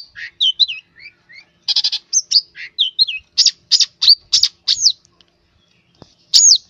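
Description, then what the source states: Long-tailed shrike song: a varied, chattering medley of slurred whistles, harsh rasps and twittering notes, changing from phrase to phrase. Used to train cage birds.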